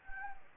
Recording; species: mosquito wingbeat signal from an infrared sensor; Anopheles gambiae